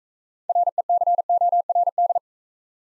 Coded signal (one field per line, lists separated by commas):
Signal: Morse code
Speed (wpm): 44 wpm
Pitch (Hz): 700 Hz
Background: none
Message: RECORD